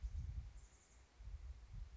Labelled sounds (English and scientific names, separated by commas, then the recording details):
Chestnut-backed Chickadee (Poecile rufescens)
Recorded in Sonoma County, California